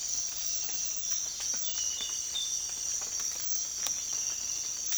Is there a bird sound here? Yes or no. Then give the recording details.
no. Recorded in secondary vegetation near Puerto Asís, Putumayo, Colombia, on 25 June 2025 at 06:00. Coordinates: 0.485, -76.322. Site GP06